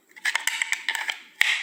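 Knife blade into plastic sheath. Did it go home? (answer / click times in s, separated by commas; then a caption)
yes / 1.4 s. A Cold Steel Canadian Belt Knife's blade is slid back into its plastic sheath, with a run of light scraping clicks from about 0.3 to 1.1 s as it is worked in. It snaps home with a loud, sharp click at 1.4 s, seated once it is approached the right way.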